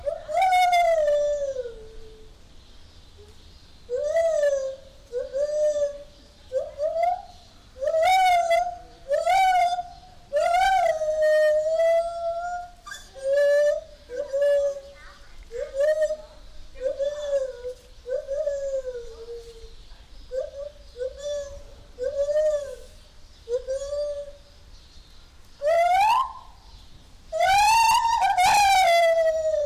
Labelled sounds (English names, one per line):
Lar Gibbon